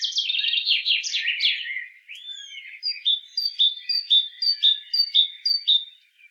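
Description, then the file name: Great tit calls: a rapid scratchy chatter at first, then clear high two-note chips repeated about twice a second. "Parus major"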